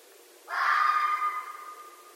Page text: Night Sounds, Pt 7 – Red Foxes – Stan Courtney